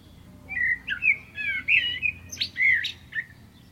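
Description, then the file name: Common blackbird song: a short sequence of liquid, fluty whistles with slurred pitch, closing in higher, thinner chirping notes over faint low background noise. "Turdus merula"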